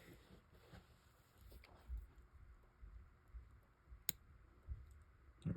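A small coin cell battery that had popped partly out of its holder in a 1990s Gruen quartz wristwatch movement is pushed back in by hand. Faint low handling rumbles build up to a sharp, bright click at 4.1 s as the battery seats in the holder, followed by softer handling noise.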